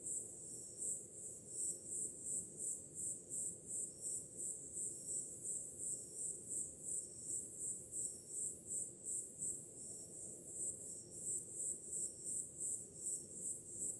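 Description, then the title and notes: Crickets chirping in high pulsing trills that repeatedly swell and fade, over a soft low wash like surf. On a summer night, with ocean sounds in the background. "Som do mar ao fundo, grilos e cigarras em uma noite de verão – Ocean, crickets and cicadas in a summer night"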